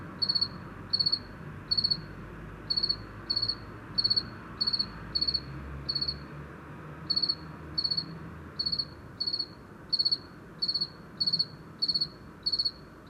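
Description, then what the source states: Two-spotted cricket singing steady pulsed chirps, each a quick burst of several notes, repeated regularly with one brief pause, a soft low rumble behind. One cricket singing late in the season in a small village street at 420 m altitude, Luc-en-Diois, on 21 October after 8 pm, on a mild night.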